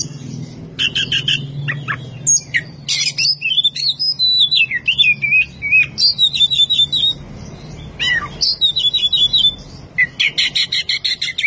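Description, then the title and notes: Oriental magpie-robin singing continuously, mixing clear warbled whistles that rise and fall with crisp chattering trills and staccato note series. Champion singing bird. "Kicau Burung Kacer Juara. Suara Kicauan Burung Kacer Juara"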